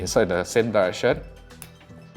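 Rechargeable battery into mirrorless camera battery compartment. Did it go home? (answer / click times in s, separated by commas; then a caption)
yes / 1.6 s. Someone talks as a rechargeable battery is pushed back into the battery compartment of a Sony A7 III mirrorless camera, in the same direction it came out. A short, sharp click at 1.6 s marks the catch locking the battery in place, so it is seated.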